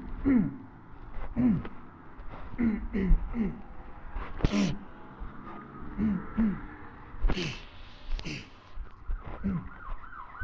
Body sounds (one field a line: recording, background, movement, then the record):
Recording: throat clearing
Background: traffic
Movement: walking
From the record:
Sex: male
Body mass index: 21.0 kg/m2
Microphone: on the chest, facing the body